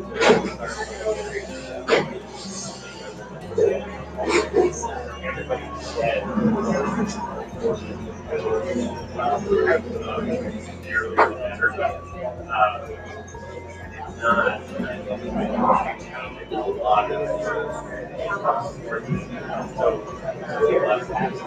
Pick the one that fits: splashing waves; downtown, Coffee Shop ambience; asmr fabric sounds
downtown, Coffee Shop ambience